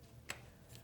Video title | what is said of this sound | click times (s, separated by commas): Polaris RZR 900 Engine Rebuild - Part 5: Engine Assembly | oh and like you could feel and hear it catch right there | 0.3 s